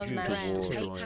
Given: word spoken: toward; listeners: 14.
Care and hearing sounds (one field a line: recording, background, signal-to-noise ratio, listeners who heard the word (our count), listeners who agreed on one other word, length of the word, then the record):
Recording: one English word in noise, from a listening test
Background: four-talker babble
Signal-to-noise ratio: 0.4 dB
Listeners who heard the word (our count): 1 of 14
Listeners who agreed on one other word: 7 of 14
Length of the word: 0.66 s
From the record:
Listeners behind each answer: 7, 1, 1, 1, 1, 1, 1, 1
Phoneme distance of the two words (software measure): 44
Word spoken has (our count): 2 syllables, 5 phonemes, stress on syllable 2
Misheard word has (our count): 1 syllable, 3 phonemes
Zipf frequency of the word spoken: 3.50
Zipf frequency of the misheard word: 4.44